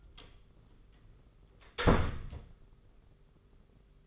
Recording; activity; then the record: daily activity, microphone in the room; close door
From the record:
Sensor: 4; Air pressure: 991.3 hPa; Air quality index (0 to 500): 133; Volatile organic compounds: 46 ppm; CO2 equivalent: 3243 ppm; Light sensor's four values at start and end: 14/35/13/15 and 9/21/8/9